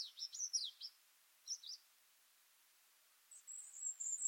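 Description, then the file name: European robin giving quick high twittering notes, a short pause, two more chirps, then a thin drawn-out whistle near the end. "Erithacus rubecula"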